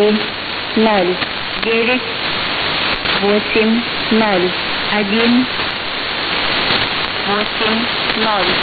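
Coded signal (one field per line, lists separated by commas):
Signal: numbers station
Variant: S06s Russian Lady, Russian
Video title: 16 07 2019 S06s Russian Lady numbers station in Russian to Eu 1110 on 7560 unknown tx site USB+AM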